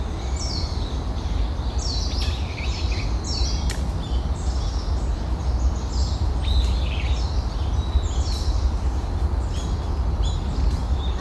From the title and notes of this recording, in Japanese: 鳥たちのこえ。公園の朝散歩で聴こえてくる自然音を無言配信しています。公園で聴こえてくる小川のせせらぎや滝のオト、小鳥のさえずりや落ち葉ふみ。